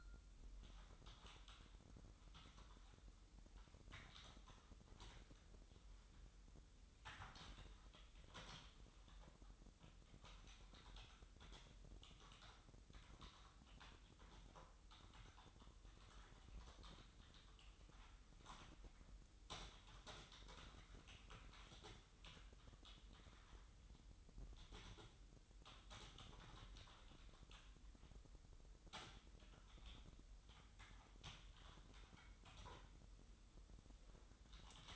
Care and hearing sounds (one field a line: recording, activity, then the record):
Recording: daily activity, microphone in the room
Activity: typing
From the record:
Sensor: 3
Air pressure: 988.8 hPa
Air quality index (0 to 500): 205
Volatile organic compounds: 442 ppm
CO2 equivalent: 4738 ppm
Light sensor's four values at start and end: 25/82/33/30 and 25/81/33/30